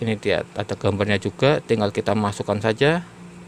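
A microSD memory card is handled at the card slot of an indoor Ezviz C6N CCTV camera. Someone talks for most of the clip before it drops to quiet background. Nothing has seated or clicked yet.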